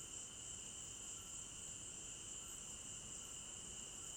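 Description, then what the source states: Crickets in a steady, continuous high-pitched trilling chorus, with a bright band of sound and a lower second band, unbroken throughout. Crickets at night in an African village garden, recorded in stereo binaural.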